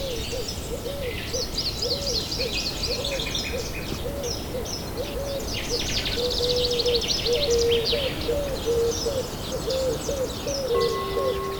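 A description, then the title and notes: Nature sounds with busy, high birdsong chirping throughout over a steady hiss, repeated low hooting calls, and a few held tones near the end. Relaxing Nature Sounds with Piano.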